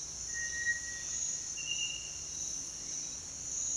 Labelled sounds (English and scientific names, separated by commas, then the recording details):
Cinereous Tinamou (Crypturellus cinereus)
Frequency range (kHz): Cinereous Tinamou (Crypturellus cinereus) 1.0-2.3 kHz
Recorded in dense forest near Puerto Asís, Putumayo, Colombia, on 29 June 2025 at 07:30
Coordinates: 0.468, -76.322
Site GP03